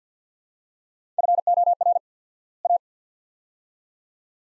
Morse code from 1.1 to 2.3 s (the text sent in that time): FOR